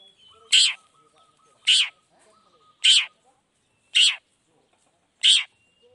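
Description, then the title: Long-tailed shrike calls: five harsh, rasping high notes repeated roughly every second, with a faint thin whistle between them. Morning song of an actively singing (gacor) cendet with 'toet toet' sound variation; one play makes other cendet respond quickly and excitedly. "Langsung NYAUTTTTT ! Cendet Gacor Dor Di Kala Pagi Toet Toet Variasi Suara J. Cendet Gacor Langsung Nyaut Emosi Hanya dengan Sekali Putar Bikin Cendet Lainya Cepat Respon Bunyi"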